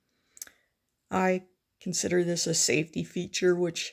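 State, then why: Released. A tool or blade on a multi-tool, held in its handle by a lock, is released by pushing down on the lock and folded back in, giving quick metallic clicks at 0.4, 0.4 and 0.5 seconds. The lock releases and the tool folds closed, then someone talks.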